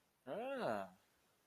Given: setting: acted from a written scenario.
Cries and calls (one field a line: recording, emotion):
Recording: vocal sound without words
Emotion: desire